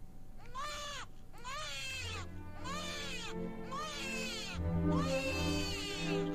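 A baby cries outside in five long, anguished wails, each rising and falling in pitch with short gasping pauses between, over a steady low background hum.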